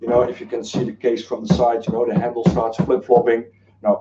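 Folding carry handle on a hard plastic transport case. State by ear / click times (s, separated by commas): not seated / none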